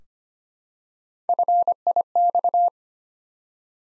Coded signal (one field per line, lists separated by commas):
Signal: Morse code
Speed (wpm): 25 wpm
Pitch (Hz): 700 Hz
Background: none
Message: FIX